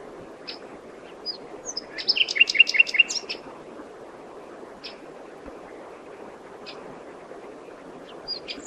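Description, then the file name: Common nightingale song: one brief rattling phrase of fast repeated notes among scattered faint high chips, over steady low background noise. "Luscinia megarhynchos"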